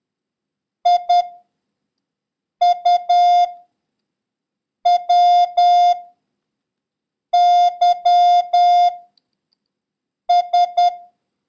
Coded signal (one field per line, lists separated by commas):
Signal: Morse code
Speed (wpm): 10 wpm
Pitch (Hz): 710 Hz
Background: none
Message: IUWYS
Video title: International Morse Code: Lesson 8